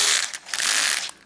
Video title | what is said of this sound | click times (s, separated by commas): Tutorial 1: VEX Nuts and Screws | so you'll hear it click like this | 0.3 s, 0.5 s, 0.6 s